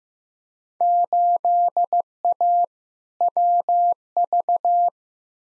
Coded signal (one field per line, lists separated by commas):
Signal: Morse code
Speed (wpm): 16 wpm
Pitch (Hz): 700 Hz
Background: none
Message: 8A WV